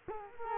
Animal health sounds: mosquito wingbeat signal from an infrared sensor; Culex quinquefasciatus

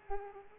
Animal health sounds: mosquito wingbeat signal from an infrared sensor; Culex pipiens

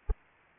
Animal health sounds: mosquito wingbeat signal from an infrared sensor; Anopheles arabiensis

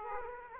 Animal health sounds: mosquito wingbeat signal from an infrared sensor; Aedes aegypti

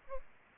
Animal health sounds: mosquito wingbeat signal from an infrared sensor; Aedes aegypti

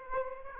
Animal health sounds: mosquito wingbeat signal from an infrared sensor; Aedes aegypti

